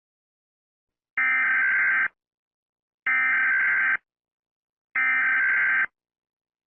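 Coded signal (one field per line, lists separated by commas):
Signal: Emergency Alert System (SAME) tones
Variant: header bursts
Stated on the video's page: Fictional EAS scenario for a made-up hurricane.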